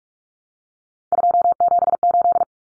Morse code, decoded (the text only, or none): 278